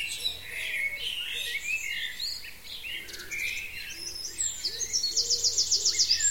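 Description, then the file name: Several birds chirp and whistle together, then a loud, very fast rhythmic trill builds over the last second and a half. "zvuki peniia ptits"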